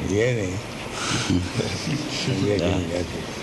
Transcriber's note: laughter